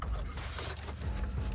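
A plastic electrical connector is handled as it is about to be pushed back onto the mass airflow sensor of a 2007–2017 Ford Edge during an engine air filter replacement. Brief handling and rubbing noises sit over a steady low hum, with a sharp tap at the very start and a rougher burst around 0.6 s. The connector has not clicked or seated yet.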